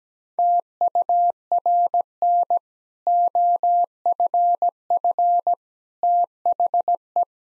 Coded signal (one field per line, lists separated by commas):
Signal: Morse code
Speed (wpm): 17 wpm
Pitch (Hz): 700 Hz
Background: none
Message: TURN OFF THE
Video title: Easy Sentences with Hints - 17wpm